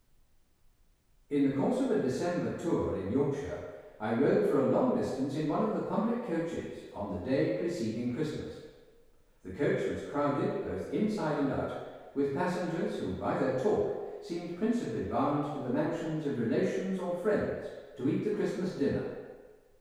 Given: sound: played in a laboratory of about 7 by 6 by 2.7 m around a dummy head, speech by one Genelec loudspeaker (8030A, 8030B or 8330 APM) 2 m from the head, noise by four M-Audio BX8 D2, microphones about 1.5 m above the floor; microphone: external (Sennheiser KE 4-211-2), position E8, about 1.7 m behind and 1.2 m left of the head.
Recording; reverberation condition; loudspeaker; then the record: male speech in English; high; 150 degrees to the right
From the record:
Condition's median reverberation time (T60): about 1300 ms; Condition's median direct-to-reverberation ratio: about -4.0 dB